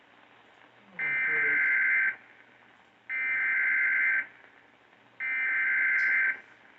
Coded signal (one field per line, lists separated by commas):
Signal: Emergency Alert System (SAME) tones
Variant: header bursts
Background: speech